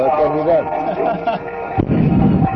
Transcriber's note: laughter